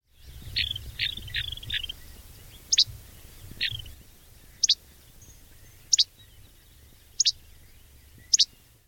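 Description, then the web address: Least flycatcher calls: a quick run of short high chirps, then sharp clipped single notes spaced about a second apart, over a faint low rumble. "Thumbs Plus Zoo Field Guide Repository"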